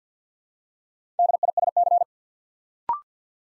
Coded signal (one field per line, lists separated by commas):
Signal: Morse code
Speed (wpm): 48 wpm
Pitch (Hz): 700 Hz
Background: none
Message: DISC